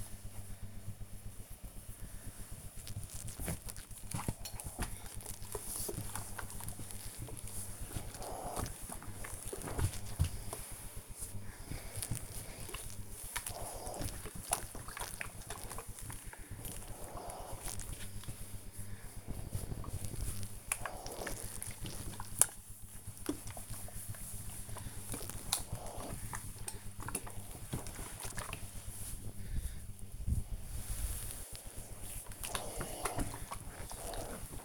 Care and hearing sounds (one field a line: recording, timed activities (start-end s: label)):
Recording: household activities, microphone on the right wrist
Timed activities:
0.00-34.64 s: ironing laundry